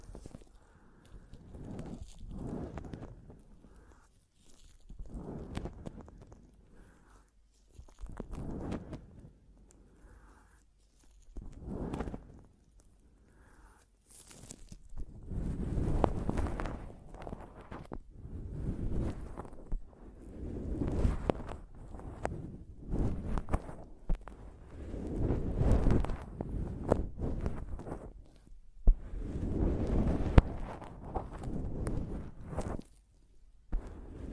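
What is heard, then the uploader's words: Tapping and scratching on a microphone, in thumping, rubbing bursts. For the first fourteen seconds the strokes come spaced about a second apart, with quiet gaps between. After that the handling turns louder and denser, a near-continuous run of scrapes and bumps through the end. ASMR Mic Tapping and Scratching (No Talking).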